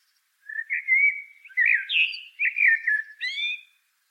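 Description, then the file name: Common blackbird singing a continuous mellow warble of looping whistles, closing with a sharper, higher squeaky flourish. "Turdus merula"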